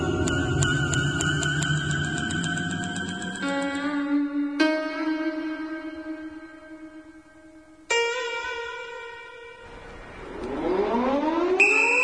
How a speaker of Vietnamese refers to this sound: còi báo động trong trại hú lên từng hồi, chen lẫn với tiếng quát tháo và tiếng giày đinh của bọn lính gác chạy nghe rầm rập.